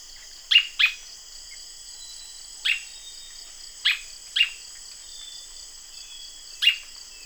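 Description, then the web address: Bird call notes, short chips, some in close pairs, scattered throughout above a continuous shrill insect hum. "BIRD 2015 SABIOD"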